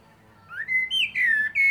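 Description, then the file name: Common blackbird: a short mellow whistled warble, rising then dipping in several linked fluty notes. "Turdus merula"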